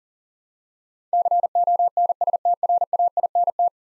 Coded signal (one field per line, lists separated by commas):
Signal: Morse code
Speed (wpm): 40 wpm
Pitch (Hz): 700 Hz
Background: none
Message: CONSTRAINT